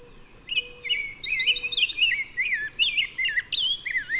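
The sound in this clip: Bird song, a rapid varied warble of twisting whistled phrases rising and falling, with a few low pure whistled notes underneath and a steady high faint tone.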